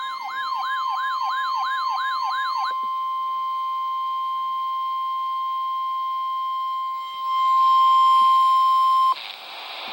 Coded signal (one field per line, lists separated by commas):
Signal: Emergency Alert System (SAME) tones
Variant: 1050 Hz attention tone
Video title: NWS EAS Test on weather radios